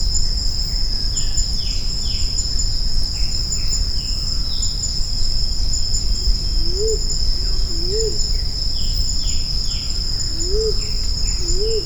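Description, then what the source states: Grey imperial pigeon uttering low, upslurred then dropping notes in two pairs, against a continuous high-pitched insect buzz and faint higher chirps. Recorded on Maratua.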